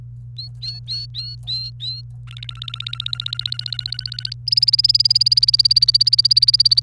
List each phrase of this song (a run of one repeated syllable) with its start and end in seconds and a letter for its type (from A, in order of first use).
0.37-2.02 A, 2.27-4.33 B, 4.47-6.80 C